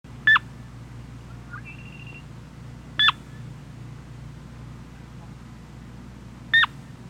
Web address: 101 Bird Songs. Sora